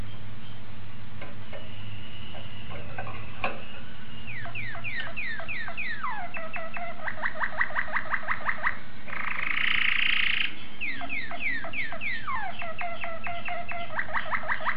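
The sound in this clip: Canary singing in rolling tours, with fast repeated down-slurred whistles, a bright buzzy trill in the middle, then more rapid sweeping phrases; faint low hum throughout.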